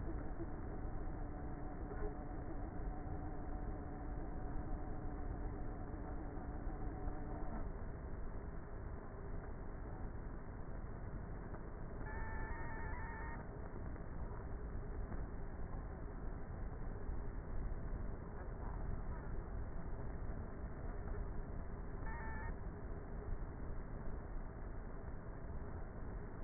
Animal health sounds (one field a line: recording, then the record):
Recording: honeybee colony, microphone inside the hive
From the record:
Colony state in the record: queenless with a low population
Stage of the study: before two queens were removed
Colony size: about 30,000 bees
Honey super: no